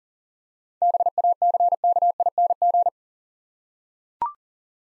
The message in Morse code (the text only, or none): BACKING